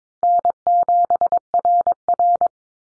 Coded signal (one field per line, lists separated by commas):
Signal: Morse code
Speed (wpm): 22 wpm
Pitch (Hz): 700 Hz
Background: none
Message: N7RR